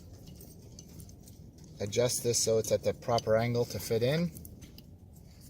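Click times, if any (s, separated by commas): none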